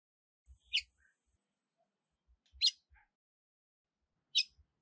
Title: CANTO DA FÊ MEA GALO CAMPINA FOGOSA LEVANTA FOGOESQUENTA GALO CAMPINA MACHO RAPIDINHO FÊ MEA NERVOSA